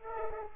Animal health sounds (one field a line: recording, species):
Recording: mosquito wingbeat signal from an infrared sensor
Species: Culex pipiens